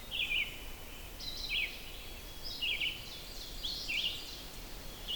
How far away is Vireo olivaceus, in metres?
about 25 m